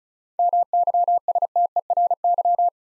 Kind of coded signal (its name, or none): Morse code